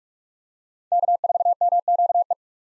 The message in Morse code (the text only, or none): K4MQE